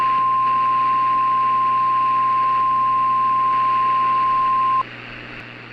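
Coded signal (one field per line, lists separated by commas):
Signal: Emergency Alert System (SAME) tones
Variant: 1050 Hz attention tone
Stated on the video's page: Simulated EAS alert, a fictional fire weather outbreak scenario.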